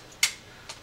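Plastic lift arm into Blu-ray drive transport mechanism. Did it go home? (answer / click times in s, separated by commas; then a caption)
yes / 0.2 s. A second plastic lift arm is slid into its mount in a PS3 Blu-ray drive's disc transport mechanism during reassembly. It seats with a sharp, bright click at 0.2 s, followed by a fainter tick at 0.7 s, over a quiet background.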